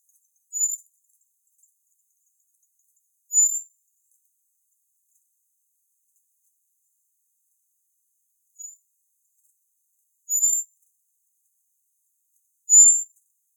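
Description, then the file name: Common blackbird uttering short, thin, high-pitched whistled notes, five scattered throughout at irregular intervals with long silent gaps between. "Turdus merula"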